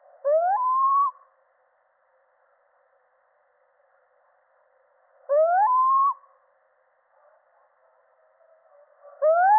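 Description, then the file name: Little owl giving plaintive rising hoots with a quick upward note at the start, repeated roughly every four and a half seconds, with faint hiss between calls. Male. "Sycek obecny samec"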